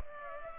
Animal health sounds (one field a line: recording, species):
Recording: mosquito wingbeat signal from an infrared sensor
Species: Culex pipiens